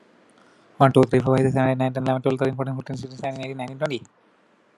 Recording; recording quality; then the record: counting at a fast pace; excellent, no background noise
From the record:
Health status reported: COVID-19 positive, mild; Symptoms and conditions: cough, sore throat, fever, muscle pain, loss of smell and taste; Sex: male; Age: 38 years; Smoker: not ticked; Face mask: not worn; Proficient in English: yes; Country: India